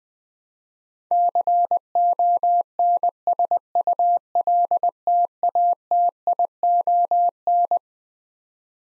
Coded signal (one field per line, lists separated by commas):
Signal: Morse code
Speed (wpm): 20 wpm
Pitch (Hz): 700 Hz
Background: none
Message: CONSULTATION